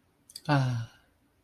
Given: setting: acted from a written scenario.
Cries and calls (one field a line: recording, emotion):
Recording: vocal sound without words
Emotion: serenity